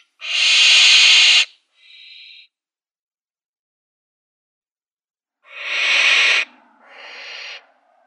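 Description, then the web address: Barn owl young hissing: a long, loud breathy rasp, then a brief softer wheeze, a pause of several seconds, and another rasp-and-wheeze pair. Downy young. "Schulze Peter Barn Owl downy Young"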